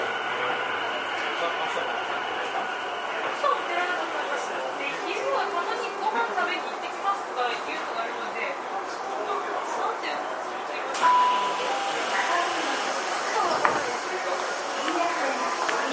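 Interior of a Tokyu 5050 series train running between Motomachi-Chūkagai and Shibuya, with a steady rumble and hiss throughout. Voices murmur over the ride, a short tone sounds around eleven seconds, and brief clicks and knocks punctuate the continuous noise.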